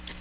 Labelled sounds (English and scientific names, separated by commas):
Magnolia Warbler (Setophaga magnolia) flight call